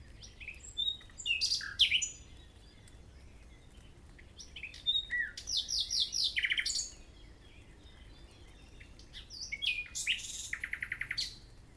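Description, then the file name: Common nightingale singing several varied phrases: sharp chips, fast stuttering trills and a rapid run of repeated notes near the end. "Usignolo"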